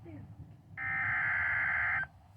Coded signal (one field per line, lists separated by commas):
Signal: Emergency Alert System (SAME) tones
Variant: header bursts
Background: speech